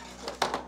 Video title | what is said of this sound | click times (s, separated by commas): JE CONSTRUIS UN SETUP COMPLET PAS CHER ! (avec PC Gamer) | là ça y est il est posé sur son pied ah là c'est génial j'ai jamais vu un écran se clipser aussi facilement | 0.4 s